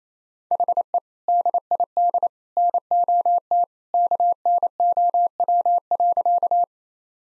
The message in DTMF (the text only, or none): none